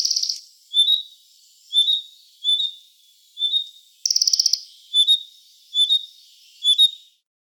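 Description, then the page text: Red-breasted flycatcher calls: short high whistled notes repeated about every second, with two brief buzzy rattles among them. "Малая мухоловка"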